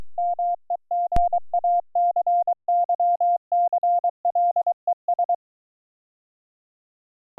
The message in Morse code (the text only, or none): MEGACYCLES